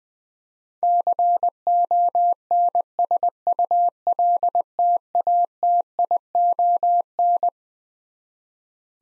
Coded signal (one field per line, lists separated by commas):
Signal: Morse code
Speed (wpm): 20 wpm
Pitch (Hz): 700 Hz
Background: none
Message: CONSULTATION